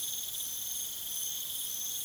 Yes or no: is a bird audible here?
no